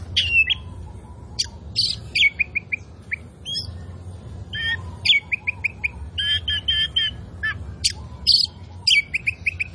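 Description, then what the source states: Oriental magpie-robin song of rattling trills and bright whistled notes, short phrases strung together quickly, several buzzy bursts repeated in a row, faint background hum. Indonesian "kacer poci" form of the Oriental magpie-robin, described as "gacor", meaning singing vigorously and continuously.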